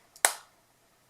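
The lid of a makeup highlighter compact is closed onto its base and its magnetic closure catches. A faint tick at 0.2 s comes just before a sharp, bright snap at 0.3 s that rings out and fades over about a quarter second, and a soft tick follows near 1.1 s. The lid is shut, held by its magnetic closure, which is praised as the nicest one.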